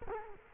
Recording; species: mosquito wingbeat signal from an infrared sensor; Culex quinquefasciatus